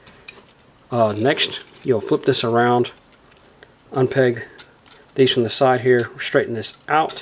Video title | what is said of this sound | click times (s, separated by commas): How to Combine Transformers Combiner Wars Victorion and Review | there we go it kind of locks them in you hear it click | 0.3 s